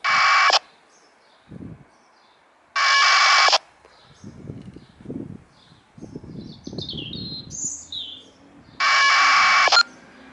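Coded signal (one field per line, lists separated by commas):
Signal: packet radio (AX.25, as in APRS)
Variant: 1200 baud AFSK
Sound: three short harsh warbling data bursts, each under a second, with birds chirping between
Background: birdsong, radio hiss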